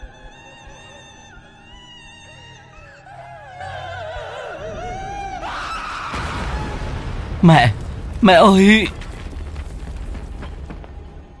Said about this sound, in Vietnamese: Tiếng gào khóc của mẹ cùng với tiếng nửa lửa cháy lốp bốp vẫn cứ vang lên, kinh hoàng.